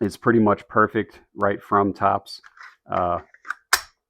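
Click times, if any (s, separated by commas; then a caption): 3.7 s. Someone talks as a fixed-blade TOPS knife is pushed into its Kydex sheath, which has a steel spring clip. A sharp, positive click at 3.7 s marks the knife snapping fully seated, showing good retention.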